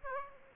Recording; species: mosquito wingbeat signal from an infrared sensor; Aedes aegypti